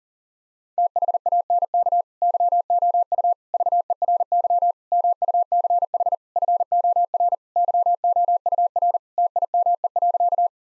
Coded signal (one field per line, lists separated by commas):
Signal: Morse code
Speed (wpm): 40 wpm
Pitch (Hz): 700 Hz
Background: none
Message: THANK YOU VERY MUCH FOR YOUR TIME.